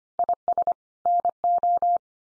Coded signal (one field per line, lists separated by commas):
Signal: Morse code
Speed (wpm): 25 wpm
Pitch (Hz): 700 Hz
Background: none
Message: IS NO